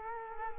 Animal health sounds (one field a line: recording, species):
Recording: mosquito wingbeat signal from an infrared sensor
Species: Culex quinquefasciatus